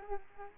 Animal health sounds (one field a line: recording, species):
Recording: mosquito wingbeat signal from an infrared sensor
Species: Aedes aegypti